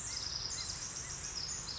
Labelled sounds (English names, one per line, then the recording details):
Pacific Wren
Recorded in Sonoma County, California